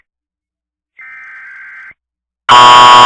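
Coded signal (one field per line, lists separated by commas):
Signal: Emergency Alert System (SAME) tones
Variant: header bursts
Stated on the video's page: Fictional EAS scenario about overpopulating rattlesnakes, not a real alert.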